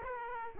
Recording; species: mosquito wingbeat signal from an infrared sensor; Aedes aegypti